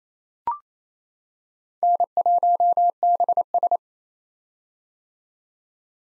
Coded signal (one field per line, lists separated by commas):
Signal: Morse code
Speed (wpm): 28 wpm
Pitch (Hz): 700 Hz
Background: none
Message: N1BS